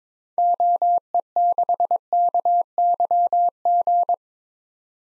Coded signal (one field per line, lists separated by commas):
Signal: Morse code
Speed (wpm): 22 wpm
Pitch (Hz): 700 Hz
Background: none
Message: OE6KYG